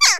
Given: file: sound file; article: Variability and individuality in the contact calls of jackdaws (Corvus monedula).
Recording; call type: jackdaw call; harmonic